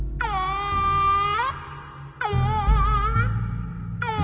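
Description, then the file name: Peafowl wailing calls: two loud, drawn-out nasal cries about a second long each, fairly steady in pitch, then the start of a third, over a low rumbling background. "peacock"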